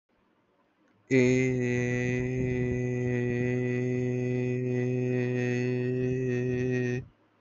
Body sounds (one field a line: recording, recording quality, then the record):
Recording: sustained vowel as in made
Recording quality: excellent, no background noise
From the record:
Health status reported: healthy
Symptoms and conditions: none ticked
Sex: male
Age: 23 years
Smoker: not ticked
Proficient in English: yes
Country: India